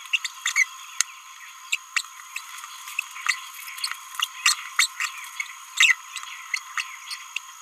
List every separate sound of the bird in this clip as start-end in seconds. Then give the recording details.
0.13-0.17, 0.24-0.27, 0.46-0.52, 0.56-0.66, 1.72-1.77, 3.28-3.36, 4.46-4.57, 4.79-4.89, 5.00-5.11, 5.78-5.93, 6.16-6.18, 6.54-6.60, 6.77-6.85, 7.11-7.17. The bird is a male. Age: 29 days. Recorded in a nest box in Venezuela. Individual 17B31A1